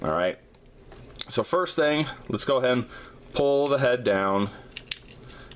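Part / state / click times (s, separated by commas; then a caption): robot figure head into its folding neck joint / seated / 4.9 s. Someone talks while pulling the plastic head of a Hasbro Transformers Generations Sky Byte robot toy down to fold it into its neck joint during transformation. A single sharp click is heard at 4.9 s as the head joint seats in its folded position.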